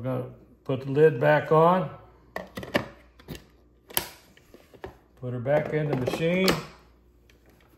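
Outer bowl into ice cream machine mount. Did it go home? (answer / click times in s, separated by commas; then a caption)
no / none. Someone talks while the lidded outer bowl of a Ninja Creami Deluxe 11-in-1 ice cream machine is handled and put back into the machine's mount, with sharp knocks and taps around 2.4, 2.8, 4.0 and 4.8 seconds. The bowl has not yet been spun up to lock, so nothing has seated or clicked yet.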